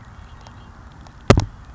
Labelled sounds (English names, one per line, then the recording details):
Red-winged Blackbird
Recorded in Sonoma County, California